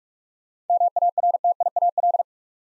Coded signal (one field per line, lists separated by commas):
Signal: Morse code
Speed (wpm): 46 wpm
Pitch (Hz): 700 Hz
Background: none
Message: MARTIAL